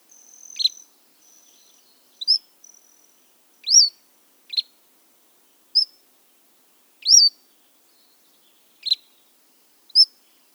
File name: Cordilleran